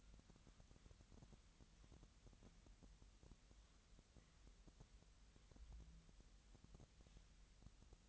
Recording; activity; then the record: daily activity, microphone in the room; wipe stove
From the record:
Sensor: 3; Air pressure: 1003.3 hPa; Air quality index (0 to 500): 199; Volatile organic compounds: 6 ppm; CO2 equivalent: 1944 ppm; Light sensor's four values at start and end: 10/24/10/11 and 10/24/10/11